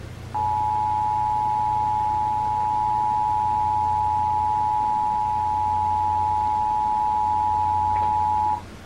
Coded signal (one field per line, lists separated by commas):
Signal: Emergency Alert System (SAME) tones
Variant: 853 and 960 Hz attention tone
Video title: EAS #101-#102: RMT and A TON OF STATIC | KHB36 & WTOP